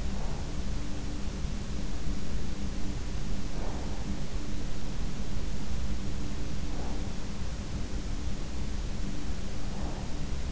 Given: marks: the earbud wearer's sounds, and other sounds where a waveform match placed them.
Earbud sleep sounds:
sounds in sleep by an in-ear microphone; breath
0.00-0.83 s: breath
3.21-4.30 s: breath
6.35-7.52 s: breath
9.19-10.52 s: breath

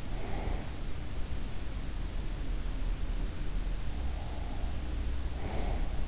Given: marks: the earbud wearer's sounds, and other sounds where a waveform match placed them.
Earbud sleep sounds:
sounds in sleep by an in-ear microphone; breath
0.00-0.51 s: breath
5.42-6.07 s: breath

